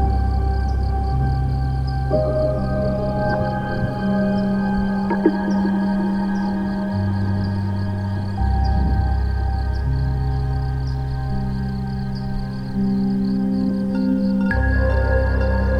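Dark ambient drone of deep, sustained tones that shift chords every few seconds under a faint, regular high chirping, with one sharp click near five seconds.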